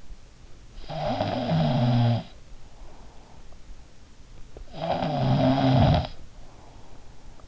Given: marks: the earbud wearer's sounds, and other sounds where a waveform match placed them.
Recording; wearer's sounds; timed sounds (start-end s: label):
sounds in sleep by an in-ear microphone; snoring breath
0.71-3.05 s: snoring breath
4.59-7.48 s: snoring breath